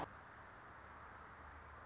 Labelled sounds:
Anna's Hummingbird (Calypte anna)
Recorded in Sonoma County, California

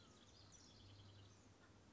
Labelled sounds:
House Wren (Troglodytes aedon)
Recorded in Sonoma County, California

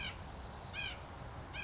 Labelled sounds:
White-breasted Nuthatch (Sitta carolinensis)
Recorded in Sonoma County, California

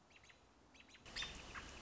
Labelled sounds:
American Robin (Turdus migratorius)
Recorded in Sonoma County, California

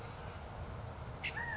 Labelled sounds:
California Quail (Callipepla californica)
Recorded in Sonoma County, California

